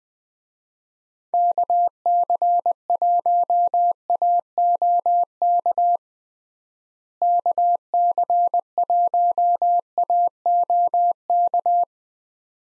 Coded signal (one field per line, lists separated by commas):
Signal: Morse code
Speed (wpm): 20 wpm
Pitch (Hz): 700 Hz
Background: none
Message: KC1AOK KC1AOK